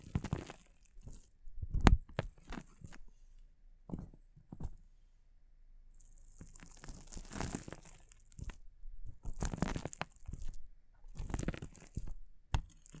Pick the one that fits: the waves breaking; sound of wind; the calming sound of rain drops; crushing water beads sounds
crushing water beads sounds